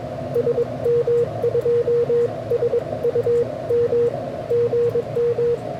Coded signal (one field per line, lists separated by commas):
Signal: Morse code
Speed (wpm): 20 wpm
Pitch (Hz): 470 Hz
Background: none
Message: SM2SUM GM